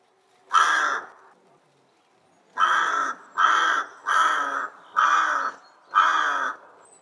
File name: grach golos